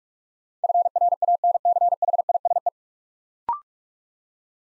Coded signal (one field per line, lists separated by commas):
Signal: Morse code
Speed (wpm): 44 wpm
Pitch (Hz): 700 Hz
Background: none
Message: FRANCHISE